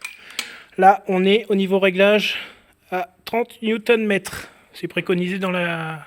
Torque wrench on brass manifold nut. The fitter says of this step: Et on vient serrer jusqu'à ce que ça clique.